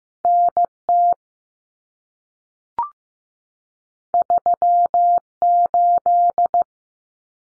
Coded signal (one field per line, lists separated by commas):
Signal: Morse code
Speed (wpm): 15 wpm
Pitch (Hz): 700 Hz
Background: none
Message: NT 38